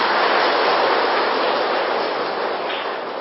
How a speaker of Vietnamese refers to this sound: Vậy giờ này đạo tràng chúng ta nhiệt liệt chào đón đại đức giảng sư bằng một tràng pháo tay thật lớn ạ.